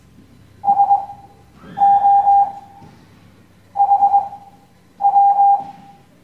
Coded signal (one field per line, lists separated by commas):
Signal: Morse code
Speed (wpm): 21 wpm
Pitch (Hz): 800 Hz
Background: none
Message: S O H W